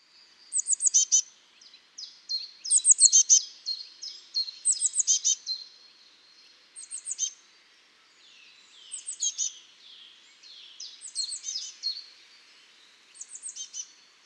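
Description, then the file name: Eurasian blue tit giving repeated clusters of very high, thin notes, in several groups spaced a few seconds apart. "Cyanistes caeruleus"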